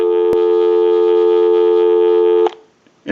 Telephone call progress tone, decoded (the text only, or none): dial tone